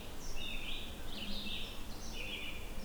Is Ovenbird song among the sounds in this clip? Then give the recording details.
no. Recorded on 20 June 2016 at 13:03. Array SBT-6-76